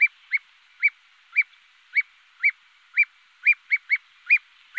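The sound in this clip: Common ringed plover calls: short, sharp whistled notes repeated about twice a second, some coming closer together.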